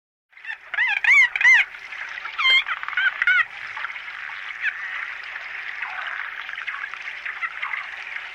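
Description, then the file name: Pacific white-sided dolphin whistles, several rising and falling squeals with harmonics early on, then a dense wash of overlapping faint whistles and chatter. "Weissstreifendelfin"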